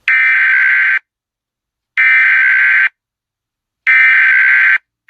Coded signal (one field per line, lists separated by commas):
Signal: Emergency Alert System (SAME) tones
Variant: header bursts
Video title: EAS CHILD ABDUCTION EMERGENCY 12/20/20